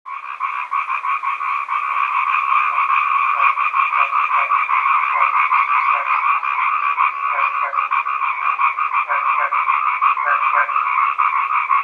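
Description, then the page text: Chinese edible frogs croaking in a dense, continuous chorus, with lower clipped notes breaking through in short repeated bursts. "虎皮蛙叫声 风潮唱片"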